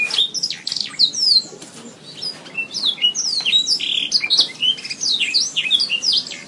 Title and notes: PANCINGAN SUARA MASTERAN KENARI. masteran kicau kenari